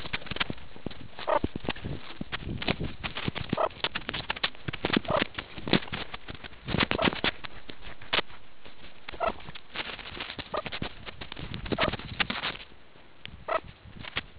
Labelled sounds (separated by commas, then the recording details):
meerkat close call
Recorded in the Kuruman River Reserve, South Africa
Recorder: an audio tag on a meerkat's collar